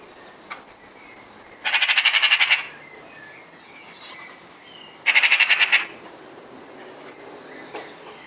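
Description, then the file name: Eurasian magpie chattering: two separate harsh machine-gun rattles, each about a second of rapid grating pulses, a few seconds apart, with soft bird notes between. "Pica pica"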